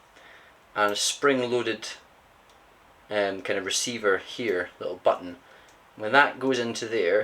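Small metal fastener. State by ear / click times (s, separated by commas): not seated / none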